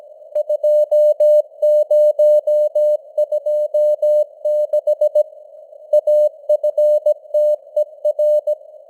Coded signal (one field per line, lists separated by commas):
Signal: Morse code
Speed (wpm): 17 wpm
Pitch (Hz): 600 Hz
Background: none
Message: 2026 AFTER